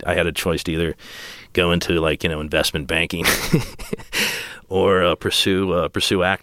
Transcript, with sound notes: I had a choice to either go into like, you know, investment banking... (LAUGHTER) ...or pursue acting.